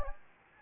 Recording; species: mosquito wingbeat signal from an infrared sensor; Anopheles gambiae